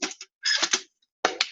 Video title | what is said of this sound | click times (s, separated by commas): Sistema de Cozinha para Atividades Outdoor - Palestra com Ryan Secrest | locks in place roll | 1.2 s